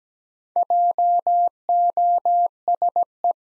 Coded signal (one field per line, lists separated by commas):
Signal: Morse code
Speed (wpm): 17 wpm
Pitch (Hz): 700 Hz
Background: none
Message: JOSE